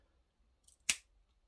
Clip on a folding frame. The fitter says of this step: click into place now these tips are